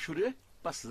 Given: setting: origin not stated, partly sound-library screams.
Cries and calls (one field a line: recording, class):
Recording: one-second piece from a danger detection set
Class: normal situation